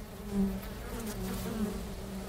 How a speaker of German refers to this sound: Für einen Imker vor einem Flugloch zu stehen, Bienen zu beobachten und das Summen im Frühling, das Erwachen des Bienenvolkes zu hören, ist einfach einzigartig.